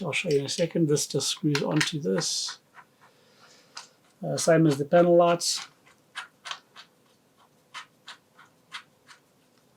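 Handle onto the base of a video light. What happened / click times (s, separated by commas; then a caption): Handle being screwed on, not yet locked home / none. Someone talks while handling a handle accessory that screws onto the base of an LED video light, with positioning holes meant to lock it so it won't swivel. Short scraping and tapping sounds follow the talk. Nothing has seated or clicked yet; the handle is not yet home.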